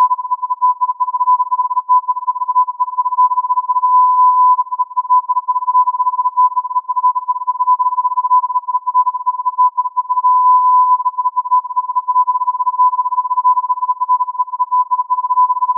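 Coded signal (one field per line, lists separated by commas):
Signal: radio time signal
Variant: Beta RJH69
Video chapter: 07:05 : Time code, on-off modulation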